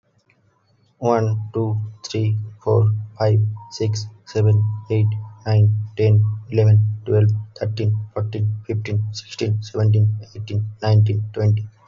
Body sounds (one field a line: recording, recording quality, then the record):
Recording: counting at a normal pace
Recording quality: excellent, no background noise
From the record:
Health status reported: healthy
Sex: male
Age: 26 years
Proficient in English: yes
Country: India